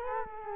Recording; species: mosquito wingbeat signal from an infrared sensor; Culex quinquefasciatus